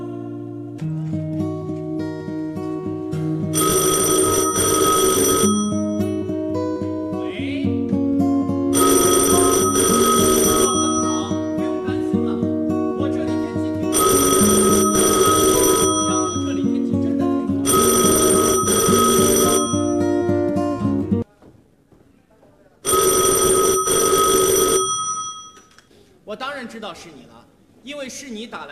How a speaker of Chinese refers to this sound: 所以连电话铃声显得特别的柔和。